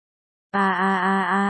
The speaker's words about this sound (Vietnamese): Nó hét toáng lên, Nam bị tiếng hét làm cho giật mình.